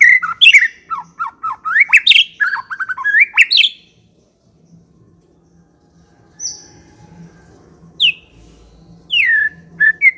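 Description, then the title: White-rumped shama song: a rapid run of varied whistled and buzzy notes for about four seconds, then near silence with a few sharp high whistles later. Lure recording of an aggressive bird. "Pancingan Murai Batu Galak"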